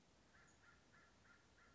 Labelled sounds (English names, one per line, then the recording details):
American Crow
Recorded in Sonoma County, California